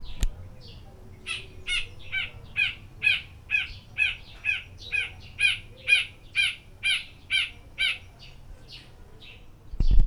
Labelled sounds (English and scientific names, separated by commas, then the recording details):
Spot-flanked Barbet (Tricholaema lacrymosa)
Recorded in Lake Mburo, Uganda